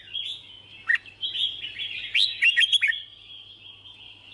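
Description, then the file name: Red-whiskered bulbul song: continuous high twittering with several loud, sharp, downward-slurred notes clustered in the middle seconds, over a faint low hum. Song of the 'hót chè' style. "Tieng chao mao hot che"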